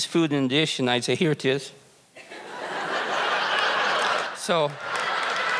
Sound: laughter